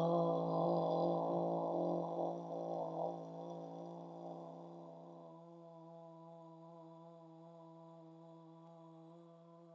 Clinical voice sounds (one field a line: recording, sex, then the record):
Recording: sustained vowel /o/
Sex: female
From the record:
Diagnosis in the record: healthy control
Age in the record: 72 years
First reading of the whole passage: 67 s, 7.5 characters per second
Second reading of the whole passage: 67 s, 7.5 characters per second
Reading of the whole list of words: 68 s, 4.2 characters per second